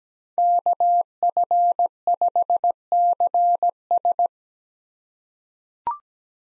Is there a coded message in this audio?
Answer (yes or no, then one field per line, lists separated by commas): yes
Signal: Morse code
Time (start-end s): 0.4-4.3 s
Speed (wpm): 17 wpm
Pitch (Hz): 700 Hz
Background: none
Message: KF5CS